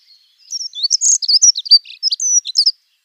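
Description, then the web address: Dunnock song, a single fast, high-pitched twittering warble of varied squeaky notes running for about two seconds in an otherwise quiet background. "Schulze Peter Dunnock"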